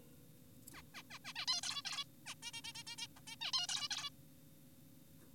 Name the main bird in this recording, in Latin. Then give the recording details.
Taeniopygia guttata. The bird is an adult. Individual g4p5U